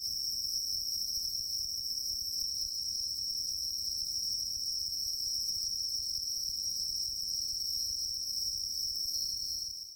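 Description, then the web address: Bell cricket singing as a steady, high, continuous ringing tone that holds unchanged throughout, over a soft low rumble. "鈴虫の声"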